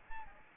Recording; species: mosquito wingbeat signal from an infrared sensor; Aedes aegypti